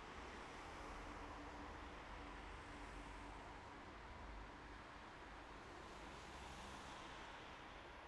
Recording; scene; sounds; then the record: everyday scene through a hearing-aid microphone; in traffic; traffic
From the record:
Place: bus stop on a city main road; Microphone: behind the ear, right, front